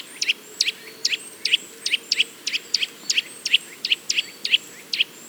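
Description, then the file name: Eurasian nuthatch repeating sharp double notes at an even pace. "Sitta europaea"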